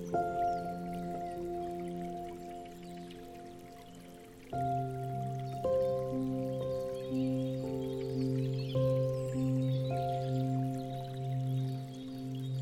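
Gentle music of long, sustained notes that ring and blend like a soft pad or bowl, with a fuller chord entering around four and a half seconds and notes shifting every second or so after. A faint hiss sits underneath throughout.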